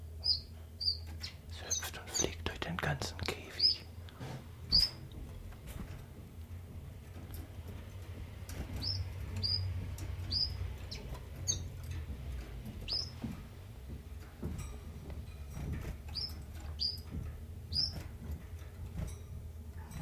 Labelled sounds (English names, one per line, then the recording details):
Common Chiffchaff
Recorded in captivity
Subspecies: collybita
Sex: male
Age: adult
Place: Zoologisches Institut Universität Tübingen, Baden-Württemberg, DE
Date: 1963-03-12
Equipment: LGS26
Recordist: Schneider, Hans-Joachim
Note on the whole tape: Rivalengesänge. Ein Paar (Männchen: blau gelb/gelb, im Verlauf der Aufnahme als A bezeichnet, Weibchen: blau gelb/grün, im Verlauf der Aufnahme als B bezeichnet). Es stellt sich heraus, dass es sich bei dem Paar um zwei Männchen handelt. MaAs: M.Sch